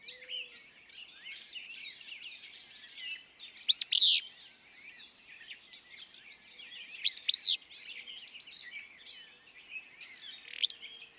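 Willow flycatcher song, a buzzy, explosive two-note burst repeated roughly every three to four seconds, with a thick chorus of other birds singing throughout.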